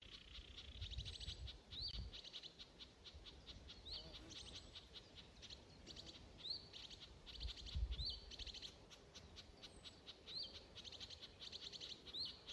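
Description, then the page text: Eurasian reed warbler song, a faint steady chatter of scratchy notes with a rising, hooked note recurring throughout, over low rumbling background noise. One bird singing, on 3 July 2025 at 13:33 in Valka municipality, Latvia. "тростниковая камышевка, Acrocephalus scirpaceus. 03-Jul-2025 plkst. 13:33. Valkas novads"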